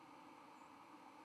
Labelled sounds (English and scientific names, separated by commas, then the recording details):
White-throated Sparrow (Zonotrichia albicollis) flight call
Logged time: 09:21 on 31 October 2014